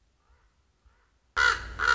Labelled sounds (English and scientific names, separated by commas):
Common Raven (Corvus corax)